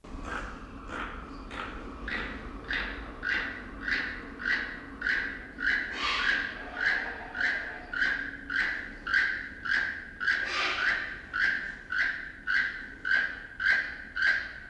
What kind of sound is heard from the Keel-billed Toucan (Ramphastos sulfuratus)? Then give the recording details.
call. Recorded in captivity. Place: Zoo Berlin, Berlin, DE. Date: 1992-07-11 11:27. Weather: bedeckt, z.T. Regen, 17-22°C. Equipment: Marantz CP 430, Sennheiser ME 80, Kopie Tesla B 116. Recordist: Tembrock, Günter